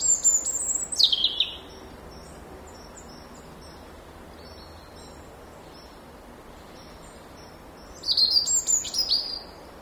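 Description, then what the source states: European robin singing: a high, thin, descending phrase opens, then a long quiet gap with faint hiss before another burst of high, rapid, tinkling notes. By a mill stream, 10 November 2014.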